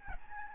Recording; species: mosquito wingbeat signal from an infrared sensor; Aedes albopictus